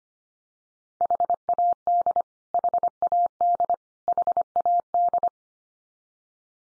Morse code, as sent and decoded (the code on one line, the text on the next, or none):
.... .- -.. / .... .- -.. / .... .- -..
HAD HAD HAD